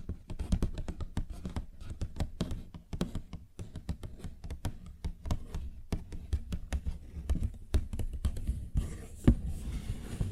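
Fingers tap and scratch on a paper bag in quick, irregular clicks that come several times a second throughout. Under them runs a dull low thumping rumble. Near the end the scratching turns into a brief rustling smear, with one sharp tap just after nine seconds.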